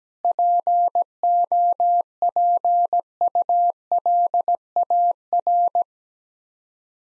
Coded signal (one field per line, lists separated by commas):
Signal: Morse code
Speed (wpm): 17 wpm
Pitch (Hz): 700 Hz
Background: none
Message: POPULAR